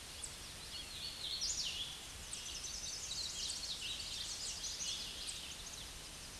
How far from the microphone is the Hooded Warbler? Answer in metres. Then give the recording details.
about 15 m. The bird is about 10 m above the microphone. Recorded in a Pennsylvania forest on 16 May 2024 at 08:20. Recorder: AudioMoth, point MSD-1482. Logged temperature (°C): 15.6 °C. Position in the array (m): 175 m, 126 m